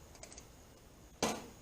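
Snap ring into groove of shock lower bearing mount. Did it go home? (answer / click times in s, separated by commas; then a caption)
yes / 1.2 s. A snap ring is pressed down into the groove of the lower bearing mount on a Viking shock, part of a KellTrac lower bearing upgrade for an S197 Mustang, and then released. A few faint ticks sound early on, then a sharp, loud snap at 1.2 s as the ring seats home in the groove.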